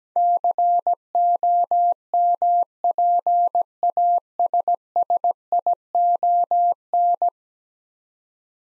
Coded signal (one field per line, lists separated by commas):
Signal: Morse code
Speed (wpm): 17 wpm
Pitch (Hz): 700 Hz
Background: none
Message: COMPASSION